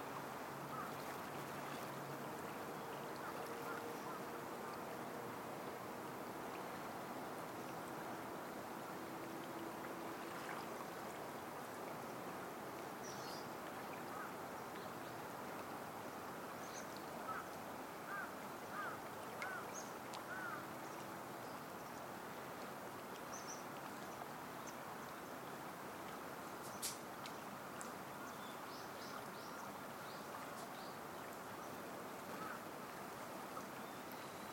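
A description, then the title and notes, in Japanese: The Tama River flowing slowly, a steady, dense wash of water sound that stays even from start to finish. Faint low hum runs underneath, with brief bird chirps and small clicks scattered through, including a sharp tick near 27 seconds. 朝陽色に染まる雲といっしょに、ゆったり流れる多摩川のひとときをどうぞ。言葉なし・メロディなしの100%自然音です。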